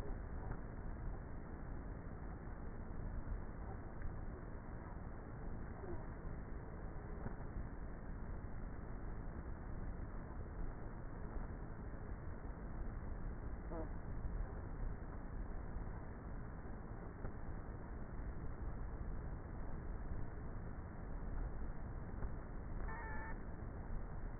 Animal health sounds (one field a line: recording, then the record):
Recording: honeybee colony, microphone inside the hive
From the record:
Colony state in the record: queenless with a low population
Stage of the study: before two queens were removed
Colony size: about 30,000 bees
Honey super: no